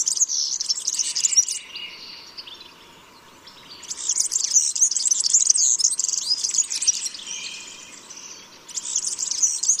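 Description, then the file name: European serin song: high, jingling, buzzy twitters in long bursts with quieter spells between them, plus a faint steady hum. "Verzellino"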